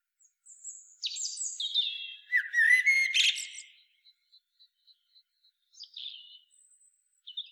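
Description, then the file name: Common blackbird singing a mellow whistled phrase that ends in squeaky high twitters, followed by a short series of faint regular ticks and a few brief high notes. "Turdus merula"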